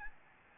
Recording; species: mosquito wingbeat signal from an infrared sensor; Aedes albopictus